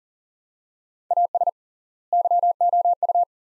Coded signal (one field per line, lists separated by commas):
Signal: Morse code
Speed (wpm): 37 wpm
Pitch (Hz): 700 Hz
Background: none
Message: AS YOU